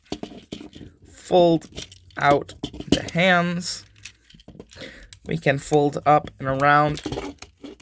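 Someone talks while transforming a plastic Transformers Earthrise Doubledealer action figure, with light clicks and rustles of handling as a piece is folded up and around. The plastic part snaps sharply into place in the figure's body at 7.4 s, seating firmly.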